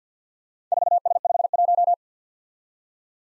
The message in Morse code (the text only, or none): 4S51